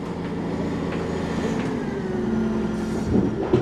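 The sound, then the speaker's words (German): A small mining truck inside a mountain hauls rock out, about one tonne per trip, driving toward the recorder. Its engine drones steadily with a low, humming rumble and faint mechanical rattles, growing slightly louder toward the end as it approaches. No voices. “Ein kleiner LKW fährt auf uns zu. Er schafft das Gestein nach draußen, etwa 1 Tonne pro Fahrt.”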